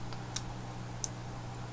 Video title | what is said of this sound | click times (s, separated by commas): HP 17-g121wm laptop disassembly, take apart, teardown tutorial | there we go make sure that's in all the way down and seated locked | 1.0 s